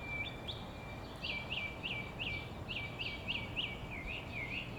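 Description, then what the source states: Birds chirping: a quick run of bright chirps repeated several times a second over a thin sustained whistle, with a steady background hiss. Birds at summer dawn in Phoenix, Arizona, USA.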